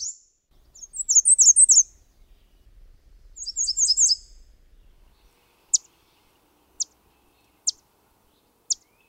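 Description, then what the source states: American Redstart song: two bursts of high jumbled notes, followed by four sharp, thin chips. Recorded 15 June 2000.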